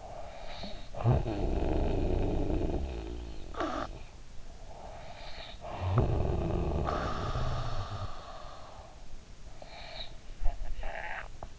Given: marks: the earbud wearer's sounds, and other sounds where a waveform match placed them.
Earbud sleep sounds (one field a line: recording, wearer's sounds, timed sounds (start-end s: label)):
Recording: sounds in sleep by an in-ear microphone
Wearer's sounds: snoring breath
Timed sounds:
0.00-4.08 s: snoring breath
4.36-8.47 s: snoring breath
8.82-11.59 s: snoring breath